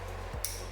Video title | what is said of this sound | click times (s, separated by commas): Toyota Celica GT-S Turbo Install PART #3 | it'll be just a nice clip | 0.5 s